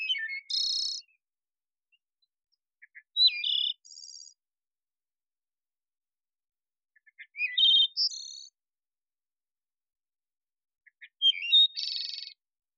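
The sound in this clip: Wood thrush song: four phrases, most opening with soft low notes, then a clear fluted warble and a high buzzy trill, with pauses of several seconds between them.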